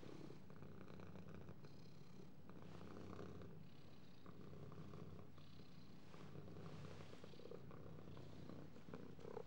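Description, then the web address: Cat purring in a soft, continuous low rumble. "кошки"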